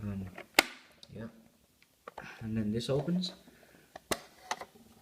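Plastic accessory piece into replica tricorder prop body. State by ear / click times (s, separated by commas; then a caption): seated / 4.1 s. A removable plastic accessory piece of a replica science tricorder prop is pushed into its slot in the plastic body while someone talks. Several small taps and clicks are heard, with the loudest sharp click at 4.1 s as the piece locks into place.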